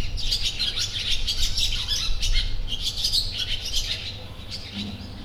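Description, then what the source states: Sand martin calls, a dense chatter of dry, buzzy chirps running on continuously, with a low rumble of background noise underneath. In nature, 2016.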